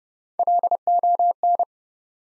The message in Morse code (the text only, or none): LON